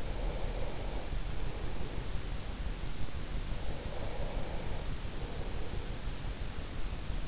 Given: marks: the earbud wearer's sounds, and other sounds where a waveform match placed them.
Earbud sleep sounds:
sounds in sleep by an in-ear microphone; breath
0.00-2.45 s: breath
3.40-6.11 s: breath

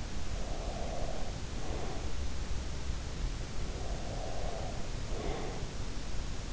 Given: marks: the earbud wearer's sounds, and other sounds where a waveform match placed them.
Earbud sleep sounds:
sounds in sleep by an in-ear microphone; breath
0.04-2.48 s: breath
3.39-5.92 s: breath

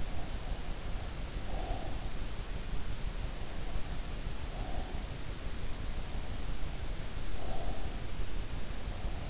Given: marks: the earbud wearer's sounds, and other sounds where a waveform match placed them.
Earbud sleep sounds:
sounds in sleep by an in-ear microphone; breath
0.00-2.12 s: breath
4.44-5.48 s: breath
7.10-8.08 s: breath

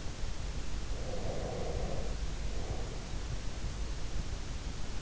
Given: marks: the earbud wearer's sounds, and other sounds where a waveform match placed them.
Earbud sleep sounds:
sounds in sleep by an in-ear microphone; breath
0.99-3.17 s: breath

